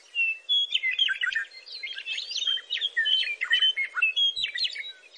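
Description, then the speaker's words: Meadowlark song, a rapid run of whistled and gurgling phrases through the whole stretch. Song said to herald spring, summoning from winter to spring and announcing the change of the seasons. "Over time, Inslee grew to love the meadowlark's song, not only for its melody, but for how it connected him to the natural world."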